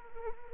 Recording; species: mosquito wingbeat signal from an infrared sensor; Anopheles arabiensis